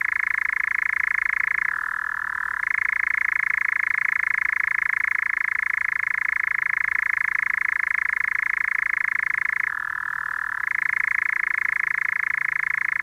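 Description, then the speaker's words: European Nightjar giving a long, unbroken reeling churr that shifts down to a lower pitch twice, about eight seconds apart, before returning to its main pitch. Churring heard after sunset on an evening outing to pine heath; a dusk bird of pine heaths in southern and central Finland; field recording, Finland. "Tämän hyrinän monet tuntevat. Sen saa aikaan kehrääjä, hämärän lintu."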